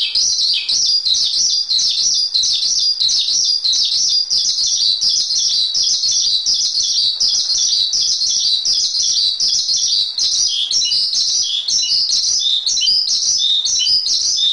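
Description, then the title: Oriental magpie-robin song, a long continuous warble of high chirps and trills without breaks, evenly loud with nothing else audible. "Kicau Kacer"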